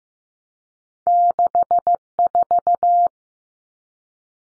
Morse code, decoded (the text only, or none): 64